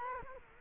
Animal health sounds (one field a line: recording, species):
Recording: mosquito wingbeat signal from an infrared sensor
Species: Culex quinquefasciatus